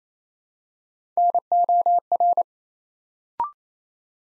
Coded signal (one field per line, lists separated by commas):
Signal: Morse code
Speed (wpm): 28 wpm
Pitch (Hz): 700 Hz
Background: none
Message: NOR